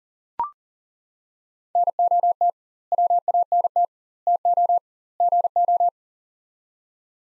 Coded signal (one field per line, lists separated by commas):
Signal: Morse code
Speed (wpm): 40 wpm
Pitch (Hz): 700 Hz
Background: none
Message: NOT WANT TO GO